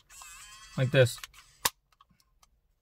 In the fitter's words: so what you want to do is you have to push the ball joint into the slot here until you hear click that means in like this all right